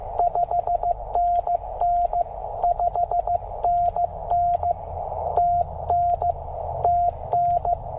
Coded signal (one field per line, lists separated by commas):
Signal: Morse code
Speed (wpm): 15 wpm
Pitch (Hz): 690 Hz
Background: radio noise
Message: 5NN 5NN TN TN